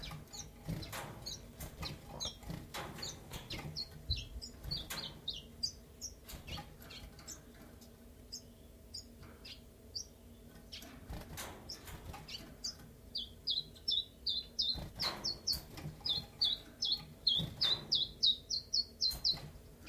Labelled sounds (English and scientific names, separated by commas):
Common Chiffchaff (Phylloscopus collybita)